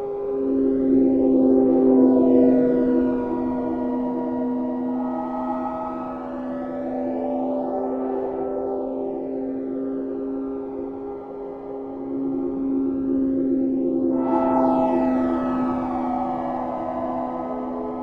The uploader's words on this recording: Binaural waves at a frequency of 432hz.